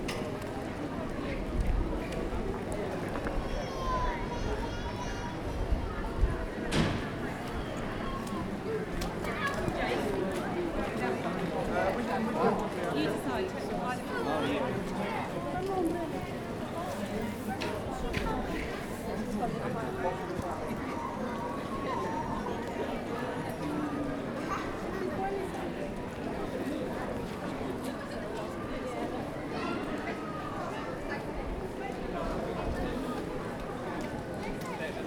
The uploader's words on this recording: Walking though a busy outdoor Christmas market. It is dark and the ground is wet from an earlier downpour. Crowds are gathering in anticipation of the Christmas lights in the High Street being switched on.